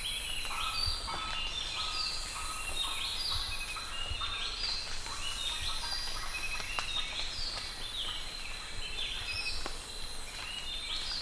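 Birds chirping and whistling together, many overlapping high notes and short trills over an even background noise.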